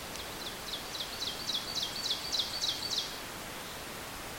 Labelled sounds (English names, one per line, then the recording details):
Ovenbird song
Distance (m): 30 m
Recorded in boreal forest in Alberta, Canada, on 2 June 2016 at 07:24
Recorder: SongMeter 3, array SBT-3-7
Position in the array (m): 139 m, 135 m
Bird 8